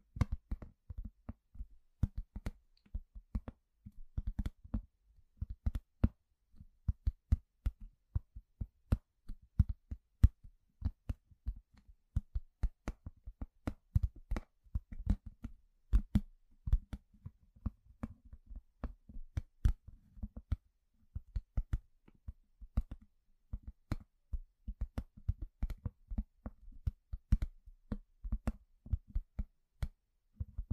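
A household object is knocked or tapped over and over, making short, low thuds in a quick, uneven patter that runs the whole way through. Some hits land harder, with a brief click on top, and loudness shifts from hit to hit.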